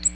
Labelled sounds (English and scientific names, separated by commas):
Ovenbird (Seiurus aurocapilla) flight call